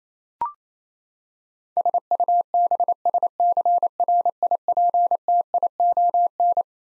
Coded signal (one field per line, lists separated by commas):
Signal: Morse code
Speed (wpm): 28 wpm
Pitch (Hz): 700 Hz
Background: none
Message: SUBSCRIPTION